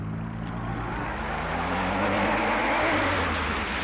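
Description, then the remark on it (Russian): A car engine roars as the driver releases the clutch and gives it gas, and the car speeds along a street, a steady rumbling whoosh with low droning tones that swell slightly louder toward the end. “Отпускаю сцепление, даю газ!”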